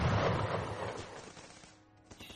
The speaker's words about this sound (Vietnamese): Khi mọi người đầy đủ rồi, thì bom dội ầm ầm, tiếng súng nổ dồn dập đâu đó rất gần. Tất cả cảm thấy đất như rung lên, tiếng nổ, tiếng cây cối ngã rạp, rồi tiếng khóc la vang dội một góc trời.